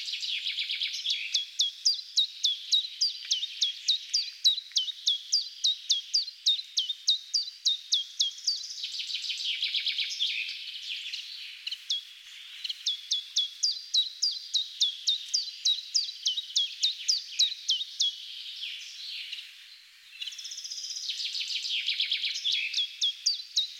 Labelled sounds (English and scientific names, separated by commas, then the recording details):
Common Chiffchaff (Phylloscopus collybita) song
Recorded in the wild
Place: Telehany, BY
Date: 2005-05-23
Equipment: Minidisc Sony MZ-R35, Telinga DAT, Telinga-Parabolspiegel
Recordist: Schwarz, Dieter
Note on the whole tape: Song